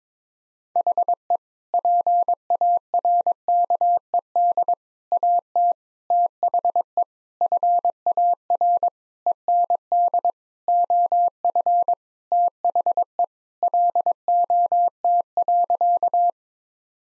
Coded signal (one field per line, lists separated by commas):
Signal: Morse code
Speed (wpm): 22 wpm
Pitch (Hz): 700 Hz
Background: none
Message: HE PARKED AT THE FAR END OF THE LOT.